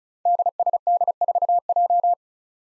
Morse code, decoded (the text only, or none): DSD4J